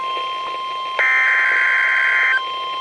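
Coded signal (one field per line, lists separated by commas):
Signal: Emergency Alert System (SAME) tones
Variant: header bursts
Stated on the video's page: NOAA Weather Radio Severe Thunderstorm Warning, relayed by weather radio stations on 162.400 and 162.500 MHz.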